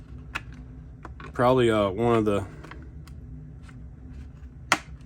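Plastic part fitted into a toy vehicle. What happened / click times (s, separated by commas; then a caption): The plastic part snapped into place / 4.7 s. A tight-fitting plastic part is pushed into a G.I. Joe Classified Python Patrol Stinger toy vehicle after several attempts, while someone talks briefly and faint handling taps are heard. At 4.7 s a sharp, loud click rings out as the part seats in place, a tight click that feels as if something almost broke.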